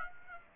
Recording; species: mosquito wingbeat signal from an infrared sensor; Aedes aegypti